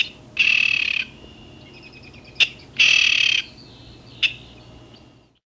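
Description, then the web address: King rail harsh calls: broad rasping bursts about half a second long, two loud ones and two short clicks, with a thin steady tone between them. "peterchen. 101 Bird Songs. King Rail"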